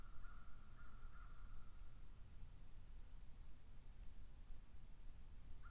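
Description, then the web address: Cuban ivory-billed woodpecker: a few linked nasal, toy-trumpet-like toots at the start and a brief note at the very end, over a low steady rumble. "sound cuban-ivory-billed-woodpecker. دانلود-صدای-دارکوب-نوک-عاجی"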